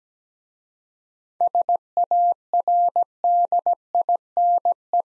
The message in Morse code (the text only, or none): SARDINE